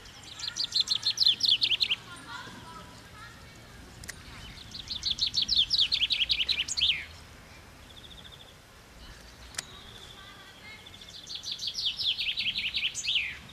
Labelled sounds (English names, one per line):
Common Chaffinch song